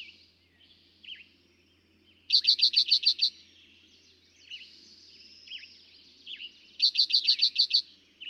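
Eastern towhee song: two bursts of quick, evenly spaced high notes, roughly four and a half seconds apart, over chirping from other birds.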